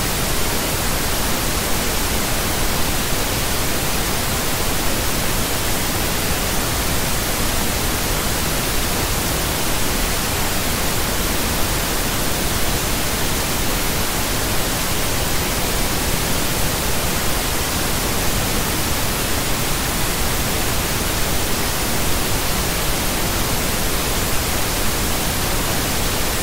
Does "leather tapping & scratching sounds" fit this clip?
no